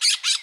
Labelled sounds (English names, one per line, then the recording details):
Brown-throated Parakeet contact call
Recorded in Bonaire
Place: 1 km E of roosting area just N of Seru Largu
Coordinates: 12.199, -68.268